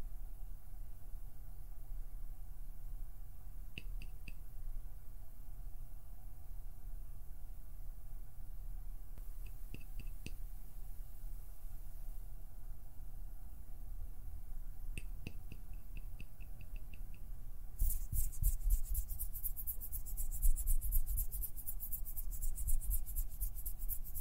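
Fingers pluck and pinch at something, giving short clusters of soft ticks around 3, 10, and 15 to 17 seconds over a low steady hum. From about 18 seconds, rapid finger fluttering takes over, a dense, fast, bright patter that runs louder to the end.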